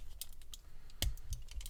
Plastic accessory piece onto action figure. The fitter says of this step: goes on nice little satisfying click but